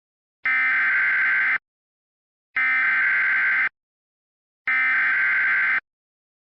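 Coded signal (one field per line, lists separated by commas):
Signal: Emergency Alert System (SAME) tones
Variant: header bursts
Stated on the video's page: Mock EAS Flash Flood Warning, simulated alert.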